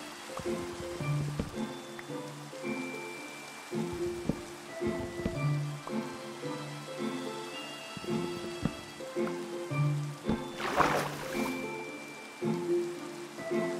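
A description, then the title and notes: Steady rain hiss runs under sustained low humming tones while short knocks and taps of mining and placing blocks come every second or so. Near the eleventh second a louder, rougher rushing burst rises briefly, then the tapping resumes. You can hear the rain, the mining and building of blocks, the sea and all the other sounds that the world brings.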